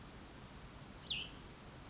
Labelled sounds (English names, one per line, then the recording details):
Hutton's Vireo
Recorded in Sonoma County, California